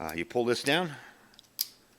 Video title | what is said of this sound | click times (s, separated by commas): Crate Club: Winter 2023 General Box Unboxing | snap it in and it will allow it to move around a little bit that is okay that doesn't mean it's broken | 1.6 s